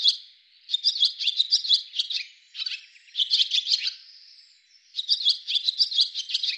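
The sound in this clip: Bird chirps in fast, dense high-pitched runs, broken into about three bouts by brief quieter pauses.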